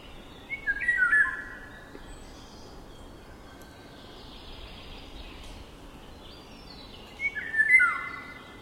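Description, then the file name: Eurasian golden oriole whistling a fluty phrase at the start and again near the end, with soft twittering of other birds in between. "Sykofagos"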